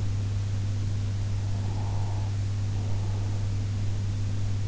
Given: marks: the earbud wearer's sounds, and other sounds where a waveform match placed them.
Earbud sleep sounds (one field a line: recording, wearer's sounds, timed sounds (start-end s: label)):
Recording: sounds in sleep by an in-ear microphone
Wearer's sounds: breath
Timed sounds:
1.58-3.75 s: breath